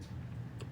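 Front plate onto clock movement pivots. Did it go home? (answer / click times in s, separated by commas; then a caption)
yes / 0.6 s. The front plate of a quail cuckoo clock movement is pressed back onto its pivots after the wheels and pinions have been realigned. Over a low, steady hum, a single short, sharp snap at 0.6 s marks the plate seating into position.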